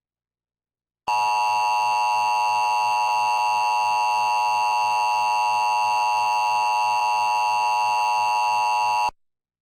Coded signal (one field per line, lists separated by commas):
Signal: Emergency Alert System (SAME) tones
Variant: 853 and 960 Hz attention tone